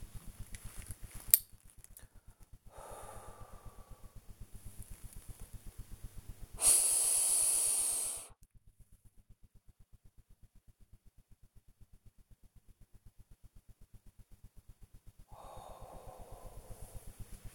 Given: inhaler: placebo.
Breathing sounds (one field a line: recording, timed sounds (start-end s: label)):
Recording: one use of a dry powder inhaler by a smartwatch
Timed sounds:
0.41-1.68 s: inhaler activation
2.65-4.38 s: exhalation
6.49-8.46 s: inhalation
15.22-17.32 s: exhalation